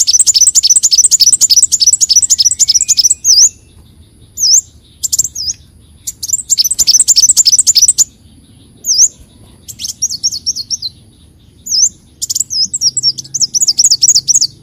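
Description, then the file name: Leafbird song: rapid bursts of high, sharp repeated notes in chattering runs, broken by short pauses and single clipped notes. "Tieng chim xanh tim"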